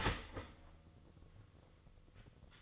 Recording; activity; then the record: daily activity, microphone in the room; start toaster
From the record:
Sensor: 4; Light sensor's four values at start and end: 8/17/7/7 and 9/19/8/8